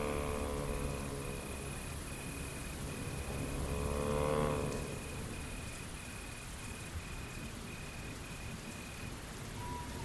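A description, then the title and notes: Night village ambience: steady hiss, a regular insect chirp pulsing throughout, and a low engine hum swelling near four seconds, then fading away. Lost in the dark village Asmr ambience.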